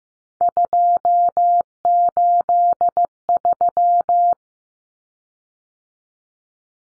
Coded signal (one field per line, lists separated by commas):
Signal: Morse code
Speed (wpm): 15 wpm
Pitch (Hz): 700 Hz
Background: none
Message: 283